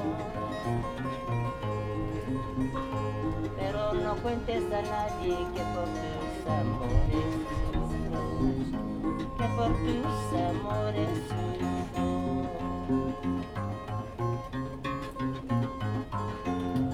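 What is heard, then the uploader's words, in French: A harp player performs at the entrance of the Ollantaytambo fortress, plucking a steady stream of ringing notes over deep bass tones. The music stays dense and even in loudness throughout, with quick runs of notes; faint voices may mix in underneath. Harpe à Ollantaytambo (PE). Joueur de harpe à l'entrée de la forteresse d'Ollantaytambo.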